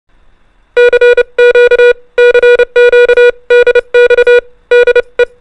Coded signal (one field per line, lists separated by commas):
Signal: Morse code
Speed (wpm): 30 wpm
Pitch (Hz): 480 Hz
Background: music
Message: CQ CQ DX DE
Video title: THE PHILIPPINES IS NOT IN ASIA | A DIFFERENT WORLD OF AMATEUR RADIO